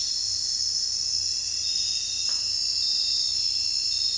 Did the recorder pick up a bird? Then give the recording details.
no. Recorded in dense forest near Puerto Asís, Putumayo, Colombia, on 20 December 2024 at 23:30. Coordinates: 0.467, -76.328. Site GP05